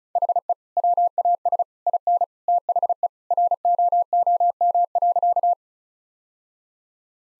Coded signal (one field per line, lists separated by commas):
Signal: Morse code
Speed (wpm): 36 wpm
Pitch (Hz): 700 Hz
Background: none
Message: HE WAS IN THE ROOM.